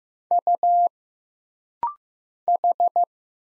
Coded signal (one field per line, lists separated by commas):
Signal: Morse code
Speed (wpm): 15 wpm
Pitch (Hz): 700 Hz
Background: none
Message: U H